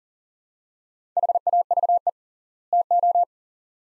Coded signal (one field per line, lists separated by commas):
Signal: Morse code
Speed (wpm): 37 wpm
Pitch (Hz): 700 Hz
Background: none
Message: HAVE TO